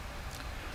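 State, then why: Not seated. A resin rear end and leaf spring part is handled and pressed toward a plastic four-wheel-drive model truck frame, with only low, steady background noise and no distinct click. The clip ends before the part goes home, so nothing has seated or clicked yet.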